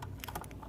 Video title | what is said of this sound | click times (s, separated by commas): Tuesdays with Grace Tech Takeover! - Tracing Not Sewing | There's the click. | 0.2 s